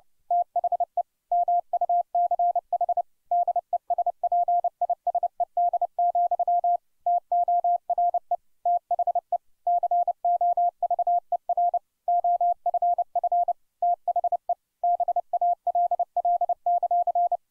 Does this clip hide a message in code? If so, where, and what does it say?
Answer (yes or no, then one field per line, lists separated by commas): yes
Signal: Morse code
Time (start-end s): 0.3-17.4 s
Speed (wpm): 29 wpm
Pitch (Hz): 700 Hz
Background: none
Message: THE MUCH DESPISED, TORE THE COVER OFF THE BALL;